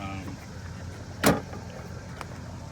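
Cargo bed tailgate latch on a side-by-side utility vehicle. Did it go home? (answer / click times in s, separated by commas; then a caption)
yes / 2.2 s. On a Yamaha Wolverine RMAX 1000 side-by-side utility vehicle, a latching part on the cargo bed, most likely the tailgate latch, is closed during a walk-around, with a low vehicle rumble and someone talking briefly in the background. A louder broadband burst comes around 1.3 s, then one sharp click at 2.2 s as the latch clicks right into place and is seated.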